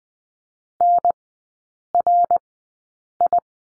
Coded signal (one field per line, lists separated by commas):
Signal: Morse code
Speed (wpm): 20 wpm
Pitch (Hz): 700 Hz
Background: none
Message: NRI